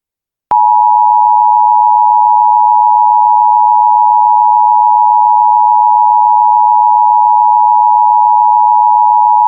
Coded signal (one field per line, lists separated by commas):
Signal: Emergency Alert System (SAME) tones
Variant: 853 and 960 Hz attention tone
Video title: How to sound like a combine. (EAS Tornado Watch Elkhart Indiana)